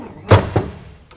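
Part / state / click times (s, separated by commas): deck gun lift tab locking into the fire engine's deck gun mount / seated / 0.3 s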